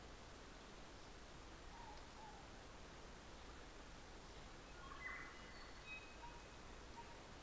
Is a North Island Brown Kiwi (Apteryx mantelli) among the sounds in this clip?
no